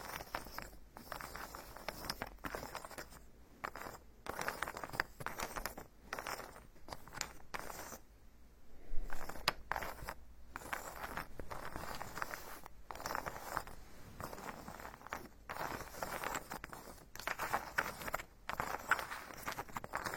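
Wood is worked in a carpenter's workshop: dense, scratchy rubbing and scraping strokes repeat in quick bursts, broken by brief pauses roughly every second or two. A longer quiet gap falls around eight seconds, and a low steady hum sits underneath throughout.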